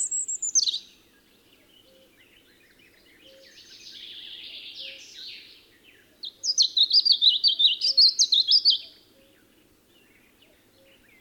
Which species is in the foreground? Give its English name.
European Robin